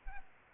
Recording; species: mosquito wingbeat signal from an infrared sensor; Culex pipiens